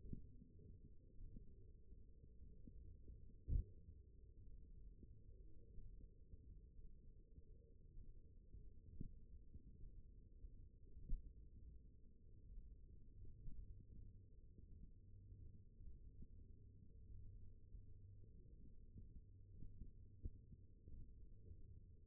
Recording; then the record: forearm muscle sounds (acoustic myography)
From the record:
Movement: thumb flexion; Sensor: system 1, eight BSWA MPA416 microphones around the upper forearm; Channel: 4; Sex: female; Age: 21 years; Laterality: right